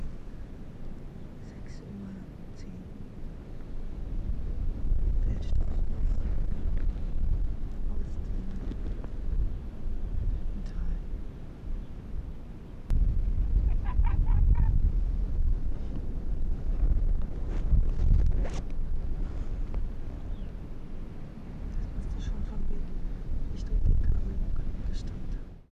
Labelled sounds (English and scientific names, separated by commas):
Arctic Fox (Vulpes lagopus)